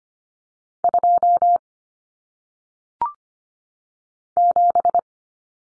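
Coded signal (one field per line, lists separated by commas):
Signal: Morse code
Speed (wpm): 25 wpm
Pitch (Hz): 700 Hz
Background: none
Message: 2 7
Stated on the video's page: Morse cut numbers for single digits at 25 wpm, T, A, N substituting for 0, 1, 9; head-copy drill with each number sent, spoken, then sent again.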